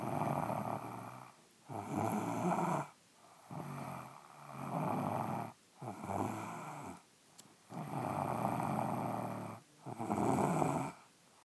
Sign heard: Female Snoring.